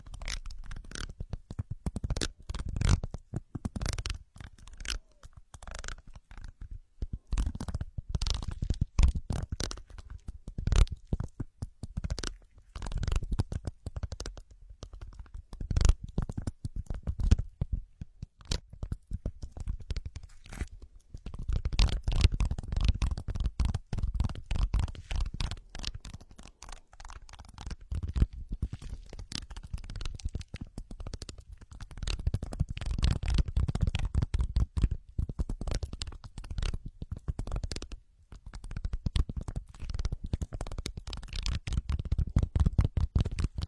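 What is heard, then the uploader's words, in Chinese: Ear scratching with no voice: a dense, continuous stream of crackly scrapes and rustles with a soft low rumble underneath. The scratching runs without pause for the whole stretch, swelling and thinning in uneven bursts. 无人声搔耳朵。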